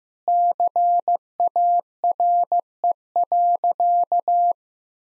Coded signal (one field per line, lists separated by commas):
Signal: Morse code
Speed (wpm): 15 wpm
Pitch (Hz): 700 Hz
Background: none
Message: CARE.